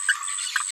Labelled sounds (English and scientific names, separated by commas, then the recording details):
Green-rumped Parrotlet (Forpus passerinus) babbling
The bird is a female
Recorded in a nest box in Venezuela
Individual 17B73B3